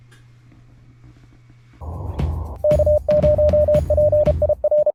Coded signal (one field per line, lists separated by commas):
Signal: Morse code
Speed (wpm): 32 wpm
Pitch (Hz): 600 Hz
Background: none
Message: K0PIR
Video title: Chasing Dx With RUMLogNG and JTDX: The Ultimate!